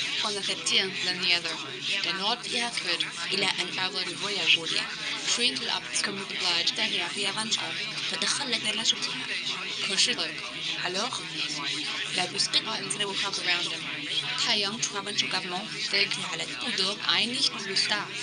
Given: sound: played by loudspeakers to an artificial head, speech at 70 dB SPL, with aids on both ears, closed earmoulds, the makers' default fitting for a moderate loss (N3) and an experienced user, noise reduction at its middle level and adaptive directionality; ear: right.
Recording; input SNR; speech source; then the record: speech test signal (ISTS) in cocktail-party noise; 0 dB; on the right (90 degrees)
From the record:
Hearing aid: class 2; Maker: A